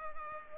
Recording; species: mosquito wingbeat signal from an infrared sensor; Culex pipiens